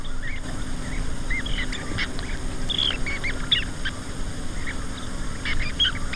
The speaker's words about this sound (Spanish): Y hay algo más de fondo. Otro. ¿Otro? Un halcón. Y este me gusta mucho. ¿Por qué has puesto un halcón esmerejón? ¿Qué diferencia hay entre el halcón esmerejón y el normal?